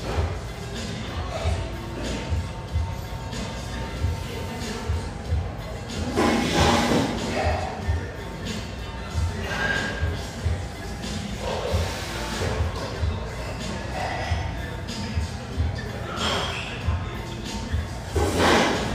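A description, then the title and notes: Café ambience with a steady hum of overlapping chatter and upbeat music running underneath throughout. Brighter clatters and thuds of dishes or chairs rise out of the murmur every few seconds, notably around 6–7, 10, 12 and 16–18 seconds. Musical, upbeat vibe of this café with a view, located in a high rise.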